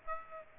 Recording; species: mosquito wingbeat signal from an infrared sensor; Aedes aegypti